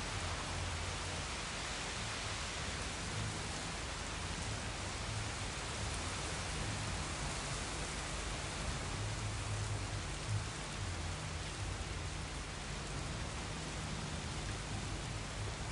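Steady, dense rain hisses without pause, with a low rumbling undertone that swells faintly at times but brings no distinct thunderclap.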